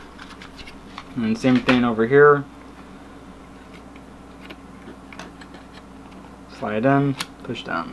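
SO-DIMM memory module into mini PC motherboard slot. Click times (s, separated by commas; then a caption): 0.4 s, 1.0 s. A DDR3L SO-DIMM laptop memory stick is slid into the slot of an Intel NUC mini PC and pushed down until the side retaining clips latch. Soft clicks come at 0.4 and 1.0 seconds, and the module is seated. Someone talks between 1.2 and 2.4 seconds and again near the end.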